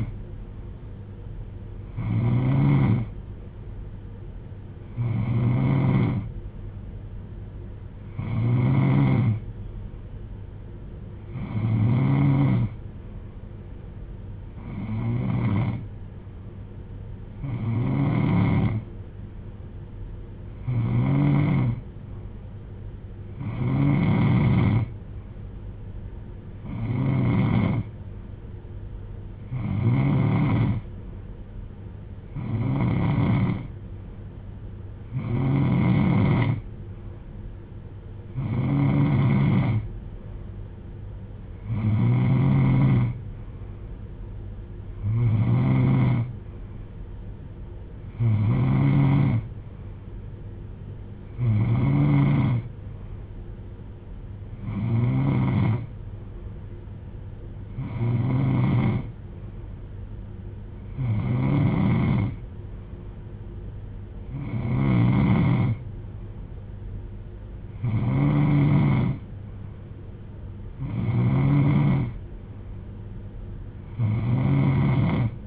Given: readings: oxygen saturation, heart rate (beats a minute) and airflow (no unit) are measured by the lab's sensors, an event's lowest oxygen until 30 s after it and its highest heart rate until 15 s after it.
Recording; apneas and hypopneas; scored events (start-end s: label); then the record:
breathing in sleep by a smartphone at the bedside; none
none scored
From the record:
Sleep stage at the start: N3 (deep sleep); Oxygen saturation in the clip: 89 to 93%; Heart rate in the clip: 65 to 71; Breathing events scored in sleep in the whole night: 310 in 8.1 hours asleep